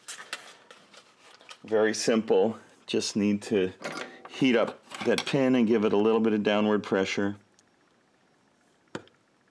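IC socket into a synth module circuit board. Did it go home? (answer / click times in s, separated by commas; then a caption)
yes / 8.9 s. An IC socket is pressed into a synth module circuit board while one soldered pin is heated and pressed down. Someone talks for most of the clip, then after a quiet pause a short sharp click at 8.9 s marks the socket dropping in. The socket sits flush against the board surface all the way around.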